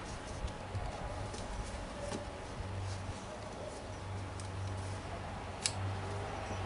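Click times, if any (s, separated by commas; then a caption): 5.7 s. A plastic connector with a lock clip is pushed onto its fitting on a Ford Taurus engine, over a steady low hum with a few faint ticks. A single sharp click at 5.7 s shows the connector has seated, meaning it is in, and the lock clip then goes back on.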